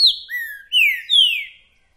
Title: TRINCA Piando, Cantando E Macheando Na DISPUTA. TRINCA FERRO REPETIDOR !! UM CANTO ATRÁS DO OUTRO!!! TRINCA FERRO MERCENARIO!